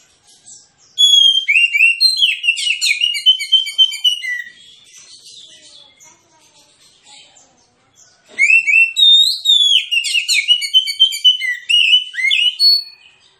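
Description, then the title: Oriental magpie-robin song in two loud bursts of rapid, varied whistles and trills, separated by a few seconds of soft twittering. Magpie-robin (kacer) singing in a fighting style, full of loud bursts ('tembakan'), meant to provoke rivals to fight; also offered as therapy for birds reluctant to sing. "Kacer Langsung Tarung Konslet KACER NGOTOT FULL TEMBAKAN. Kicau Kacer santaiterapi Kacer males bunyi"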